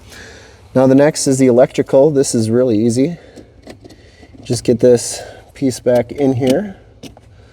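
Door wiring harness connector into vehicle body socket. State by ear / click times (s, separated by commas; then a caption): not seated / none. A 2026 Jeep Wrangler door's plastic wiring harness connector is handled next to its socket in the vehicle body during door reinstallation while someone talks. A few faint clicks and light rattles of handling sound between the words. The clip ends before the connector is pushed home, and nothing has seated or clicked yet.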